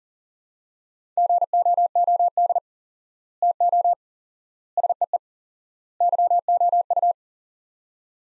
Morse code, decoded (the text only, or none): GOOD TO SEE YOU